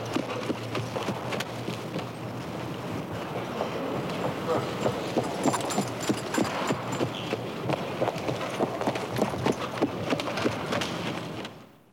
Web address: кони